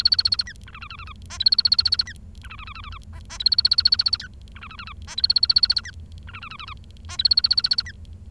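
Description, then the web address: Bengalese finch singing in repeated phrases: buzzy trains of quick stacked notes alternate with shorter, lower chattering syllables, cycling several times over a steady low hum. "nccratliri vad-multi-species. bengalese finch"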